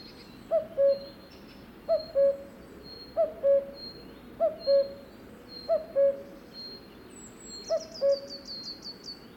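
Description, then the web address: Cuckoo calling cu-coo six times, the second note lower, with a quick high trill from another bird near the end. "2020 04 30-minutes-of-cuckoos"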